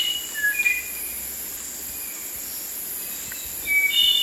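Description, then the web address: Spotted nightingale-thrush song: brief whistled phrases at the start and end, separated by a long pause, over a steady high insect-like hiss. Recorded in Ecuador. "Birds of Ecuador. Spotted Nightingale-Thrush"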